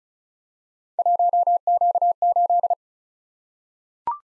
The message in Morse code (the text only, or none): 1Q8